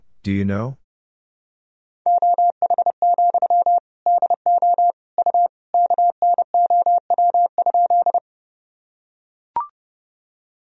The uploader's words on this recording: Sentences from Top 500 Words and Abbreviations 30wpm. First, the words and abbreviations are sent in Morse code.